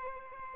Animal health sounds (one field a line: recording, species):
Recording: mosquito wingbeat signal from an infrared sensor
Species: Aedes albopictus